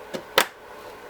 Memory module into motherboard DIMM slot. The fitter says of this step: see if we can get satisfying click this time